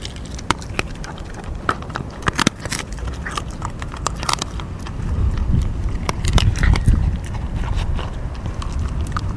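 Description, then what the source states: Dog gnawing bones, sharp cracking crunches and scraping bites in uneven bursts. Mongrel dog, feeding, gnawing bones.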